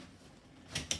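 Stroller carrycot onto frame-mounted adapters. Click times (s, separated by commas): 0.9 s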